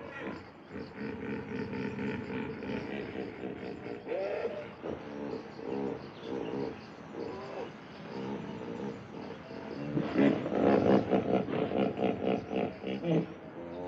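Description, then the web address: Hippopotamus honking calls: a long series of deep, harmonic, pulsed honks and grunts, swelling into a louder, rapid wheezing burst near the end. A large hippopotamus in the wild making strange sounds. "a large hippopotamus makes strange sounds in the wild"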